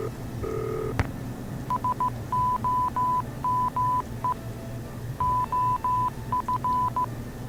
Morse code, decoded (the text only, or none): SOME OF